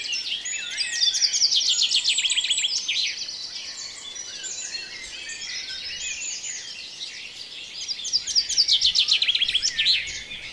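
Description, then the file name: Birds in a dawn chorus, busy high chirping and warbling, with rapid trilled bursts near two seconds and again near nine seconds. "Reveil des oiseaux La Sonotheque"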